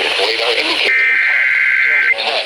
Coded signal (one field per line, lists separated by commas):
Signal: Emergency Alert System (SAME) tones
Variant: header bursts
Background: speech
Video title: Some EAS Alerts from 6/11/2026 (EAS #843-859)